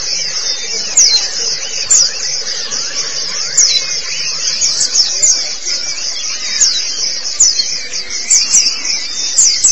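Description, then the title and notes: White-eye song: an unbroken, high, shimmering twitter with faint sharper notes woven through. "Kicauan Burung Pleci Durasi Panjang. Suara kicauan burung pleci"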